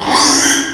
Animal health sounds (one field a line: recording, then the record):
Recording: squeal of a Yucatan mini pig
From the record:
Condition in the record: after surgery on the right vocal fold (resection and tissue-engineered implant)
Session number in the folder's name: 3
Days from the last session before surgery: 33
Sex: male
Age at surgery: 12 weeks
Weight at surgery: 13 kg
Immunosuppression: cyclosporine, prednisolone